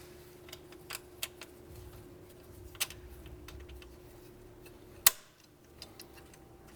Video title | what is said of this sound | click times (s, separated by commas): BMW N55 Rod Bearing Replacement DIY Part 2 (2009-2019 BMW E90 335i, F30 335i, F87 M2, E82 135is) | nice satisfying click then we have our | 5.1 s